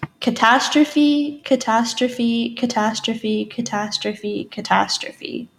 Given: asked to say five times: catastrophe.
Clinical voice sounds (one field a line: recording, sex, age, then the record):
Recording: repeated word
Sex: female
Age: 20 to 29 years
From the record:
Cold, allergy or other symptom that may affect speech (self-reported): no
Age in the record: 21 years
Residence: Arkansas, United States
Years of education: 14